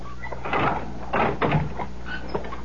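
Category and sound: household object, door opening and closing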